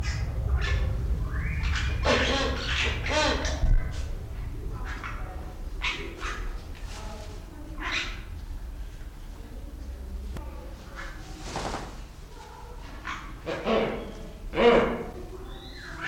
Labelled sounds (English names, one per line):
Bali Myna